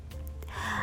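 A few quick, sharp nasal sniffs, imitated by an adult woman. They recall the constant sniffing she did as a child because she could not blow her nose. The habitual sniffing led to ringing in the ears (tinnitus), and she went to an ear, nose and throat clinic.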